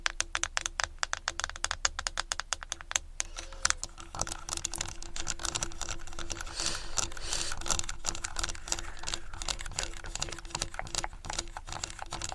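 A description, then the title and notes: Fast tapping on and around a camera, a dense run of quick, sharp clicks that crowd together from start to finish with hardly a pause. The taps sound bright, over a faint low hum and a steady thin tone in the background. ASMR Fast Camera Tapping On & Around Camera.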